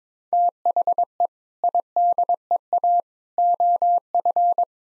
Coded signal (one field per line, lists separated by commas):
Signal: Morse code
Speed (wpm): 22 wpm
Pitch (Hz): 700 Hz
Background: none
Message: THE IDEA OF